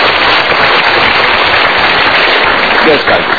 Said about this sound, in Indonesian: Dari Bandung, kita berikan tepuk tangan dulu.